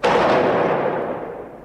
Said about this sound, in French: Soudain, à l'intérieur de l'immeuble, une fusillade éclate. Les échanges de coups de feu vont durer environ 30 secondes.